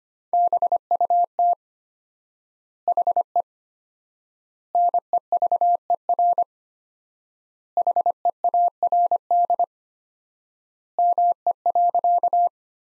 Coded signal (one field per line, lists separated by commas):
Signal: Morse code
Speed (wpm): 25 wpm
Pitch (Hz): 700 Hz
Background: none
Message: BUT HE NEVER HEARD ME.